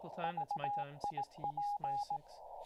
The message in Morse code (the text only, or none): VIP